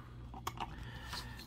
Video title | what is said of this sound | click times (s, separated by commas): Showing Some Prints off from my Creality CR 6 SE FDM Printer | snap on in and now | 0.5 s